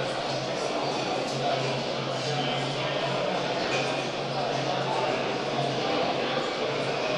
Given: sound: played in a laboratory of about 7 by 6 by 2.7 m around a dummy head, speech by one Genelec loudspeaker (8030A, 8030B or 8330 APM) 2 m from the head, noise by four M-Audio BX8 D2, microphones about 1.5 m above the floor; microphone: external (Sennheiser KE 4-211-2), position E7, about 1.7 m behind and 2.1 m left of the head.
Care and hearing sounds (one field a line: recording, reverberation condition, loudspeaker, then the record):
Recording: cafeteria noise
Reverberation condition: high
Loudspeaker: four, about 170 cm from the corners of the room and facing them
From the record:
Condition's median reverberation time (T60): about 1300 ms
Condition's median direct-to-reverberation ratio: about -4.0 dB